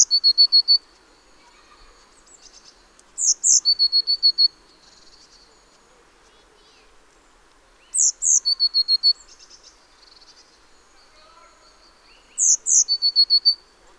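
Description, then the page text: Eurasian blue tit singing four phrases about every four and a half seconds, most of them two thin, very high notes followed by a fast, even, lower trill. Nominate subspecies Cyanistes caeruleus caeruleus. "Jarek Matusiak - Обыкновенная лазоревка (Cyanistes caeruleus caeruleus)"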